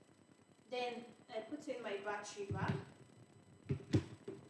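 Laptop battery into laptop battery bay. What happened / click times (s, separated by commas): The battery is being fitted but has not yet clicked home / none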